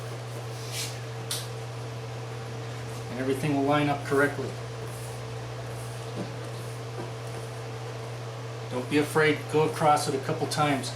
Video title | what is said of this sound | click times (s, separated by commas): Honda Window Trim (Belt Molding) Replacement Civic 2006 (2006-2010 Similar) | when you do it right you'll hear it lock into place and | 1.3 s